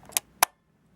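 A film back is fitted onto a medium-format camera body by joining its small inner part to the silver part. A sharp click at 0.2 s comes before a louder, crisp snap at 0.4 s as the back clicks into place and is seated on the body.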